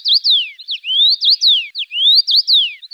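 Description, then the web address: Common rosefinch: a rapid series of short whistled notes sweeping up and down, many overlapping one another. "Carpodacus erythrinus"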